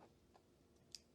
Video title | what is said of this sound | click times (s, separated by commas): BARREL AND BLADE APRIL SUBSCRIPTION BOX LIVE UNBOXING AND REVIEW. | locks in place you do have to lock it in place it doesn't lock in place right away | 1.0 s